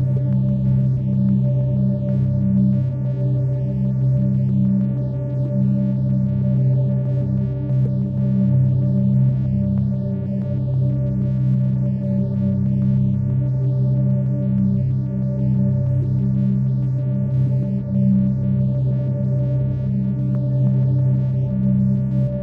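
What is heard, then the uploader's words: A low 130 Hz sine tone hums steadily for the whole stretch, thickened by resonant effects into a stack of ringing overtones. The sound stays dense and even in loudness, with a slow, throbbing pulse rolling through the lower bands and faint shimmer above. A simple sine wave of 130 hz undergoes a series of resonant effects. Filter Progression (The Assignment: Make music by processing a static sound).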